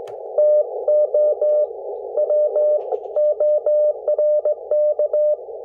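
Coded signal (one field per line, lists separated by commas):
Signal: Morse code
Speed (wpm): 18 wpm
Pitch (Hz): 600 Hz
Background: none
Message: TO WORK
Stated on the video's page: 40 m CW contact sent on an E.F. Johnson SPEED-X 114-520 bug, the first contact with it.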